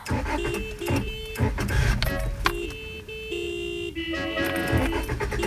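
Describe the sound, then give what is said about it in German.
A car's ignition cranks with a steady, whirring mechanical whine that shifts pitch in small steps, but the engine never catches and runs. “Na gut, aber denk an die Zündung. An den Ampeln muss man manchmal aufpassen.”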